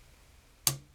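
An MP3 adapter cable's plug is pushed into its socket on the car radio harness of a 1985–1989 Corvette. After near-silence, a single sharp, bright snap sounds at 0.7 s and fades quickly. The connector is seated.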